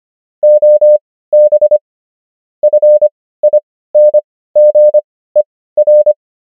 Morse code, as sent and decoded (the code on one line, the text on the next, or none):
--- -... / ..-. .. -. --. . .-.
OB FINGER